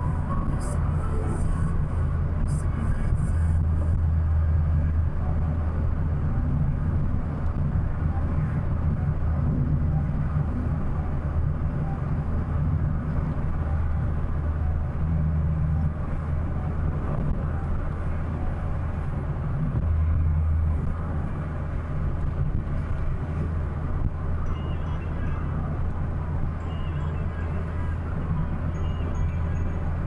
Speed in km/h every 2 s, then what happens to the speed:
75, 75, 73, 72, 72, 71, 71, 71, 73, 74, 73, 74, 74, 75, 76.
0-30 steady at about 73.